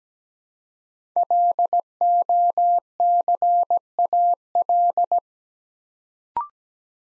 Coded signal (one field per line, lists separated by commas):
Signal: Morse code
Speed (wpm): 17 wpm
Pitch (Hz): 700 Hz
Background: none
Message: LOCAL